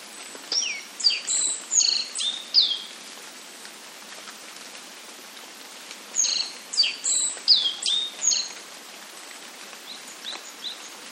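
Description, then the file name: Black-faced bunting song given twice, each phrase a quick string of high, varied chirps and slurs, with a soft hiss between phrases. "aoji"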